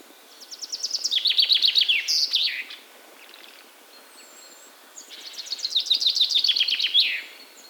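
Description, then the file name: Common chaffinch song: two bright, rapid trills that drop in pitch before ending in a quick flourish, separated by a pause of about two seconds. "Fringilla coelebs"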